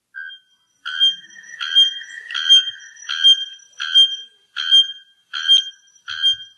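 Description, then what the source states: Bare-throated bellbird calling: loud ringing metallic clanks, like a hammer striking an anvil, repeated about every three-quarters of a second, nine strokes in a steady series. Brazilian bird (araponga) whose call sounds like an anvil, hence also called blacksmith bird; recording played back.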